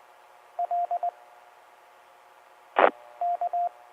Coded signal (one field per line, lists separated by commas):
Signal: Morse code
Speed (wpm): 20 wpm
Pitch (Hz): 700 Hz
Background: none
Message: L EK